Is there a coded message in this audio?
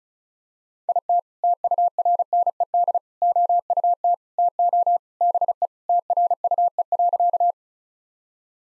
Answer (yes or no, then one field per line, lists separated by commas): yes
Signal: Morse code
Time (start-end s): 0.9-7.5 s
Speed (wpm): 36 wpm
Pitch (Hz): 700 Hz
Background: none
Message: IT TURNED OUT TO BE TRUE.